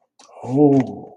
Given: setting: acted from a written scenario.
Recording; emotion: vocal sound without words; desire